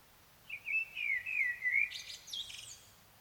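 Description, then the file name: Common blackbird song: a mellow fluted warble wavering around mid pitch for over a second, then a thin, squeaky high twitter to close. "Turdus merula"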